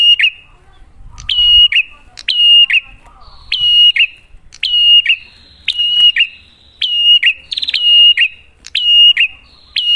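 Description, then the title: Prinia song: high, sharp chirped notes each sliding into a brief ringing whistle, repeated in a quick steady series about once a second. Duet of Cililin and Kapas Tembak; prinia lure song described as clear-voiced and energetic (gacor). "Masteran Duet Cililin Vs Kapas Tembak. Pancingan Prenjak Gacor Suara Jernih"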